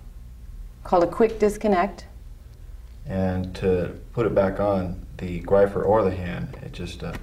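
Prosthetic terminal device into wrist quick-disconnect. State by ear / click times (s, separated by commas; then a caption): not seated / none. Someone talks while a greifer (the terminal device) or hand is about to be pushed back onto the quick-disconnect coupling at the wrist of an electric arm prosthesis. Only speech is heard, and nothing has seated or clicked yet.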